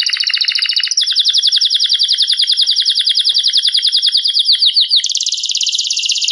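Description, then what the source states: Canary trilling fast and steadily, changing pattern twice and ending on a higher, buzzier trill. Competition-standard canary song used as a training recording for songbird contests.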